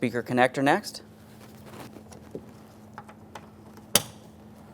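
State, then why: Seated. A harness connector is plugged into the rear door speaker of a 2015-2019 Subaru Outback during a power window regulator replacement. Someone talks briefly, then faint handling sounds follow before a sharp, loud click at 4.0 s as the connector seats and feels secure.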